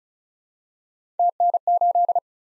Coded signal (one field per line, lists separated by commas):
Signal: Morse code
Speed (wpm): 36 wpm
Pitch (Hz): 700 Hz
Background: none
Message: TN8